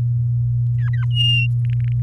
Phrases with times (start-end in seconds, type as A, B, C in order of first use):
0.78-1.05 A, 1.11-1.47 B, 1.65-1.92 C